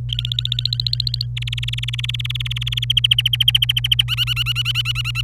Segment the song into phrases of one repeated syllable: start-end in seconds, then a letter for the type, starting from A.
0.09-1.26 A, 1.36-2.92 B, 2.97-4.03 C, 4.08-5.21 D